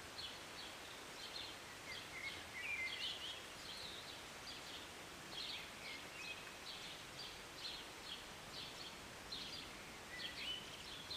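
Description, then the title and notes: Bird chirping: clusters of short high notes and a few wavering whistles, broken by brief pauses, under a continuous rain hiss. Recorded on a city balcony on a Sunday morning during a short rain, birds singing and chirping. "Rainy Morning with Birds Chirping. Was sitting on my balcony on a Sunday morning, enjoying a cup of tea and the birds. Enjoy the short rain in the morning with birds singing and chirping beautifully. And an occasional plane. Believe it or not, this was recorded in the city"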